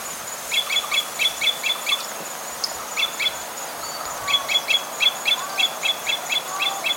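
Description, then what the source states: Red crossbill calling, clipped high chip notes in rapid strings separated by brief gaps, over steady background hiss. Red crossbill of call type E.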